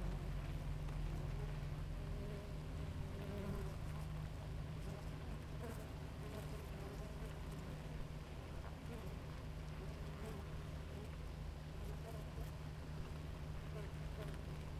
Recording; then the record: honeybee colony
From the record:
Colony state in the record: active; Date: 28 July 2017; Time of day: 5:32